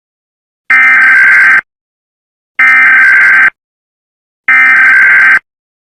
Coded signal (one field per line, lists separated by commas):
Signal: Emergency Alert System (SAME) tones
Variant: header bursts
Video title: THE GEROMINO SILTON EAS SCENARIO